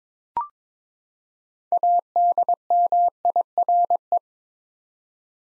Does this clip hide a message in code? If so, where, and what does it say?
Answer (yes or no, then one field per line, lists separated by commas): yes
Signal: Morse code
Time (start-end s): 1.7-4.2 s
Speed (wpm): 22 wpm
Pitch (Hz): 700 Hz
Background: none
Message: ADMIRE